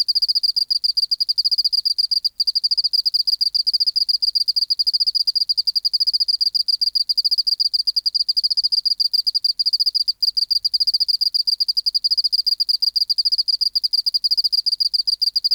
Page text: 412:14 Teleogryllus oceanicus (514r2). BioAcoustica. Natural History Museum Sound Archive. Recording Location: BMNH Acoustic Laboratory Recorded by: W. J. Reynolds Date Recorded: Mandag, marts 19, 1984 Local time: 1115